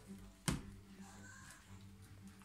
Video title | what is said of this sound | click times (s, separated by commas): Déballage et essaie aspirateur balai Rowenta air force all in one 460 | simple l'un dans l'autre et on clipse et on entend le petit clic et là notre aspirateur est déjà prêt | 0.5 s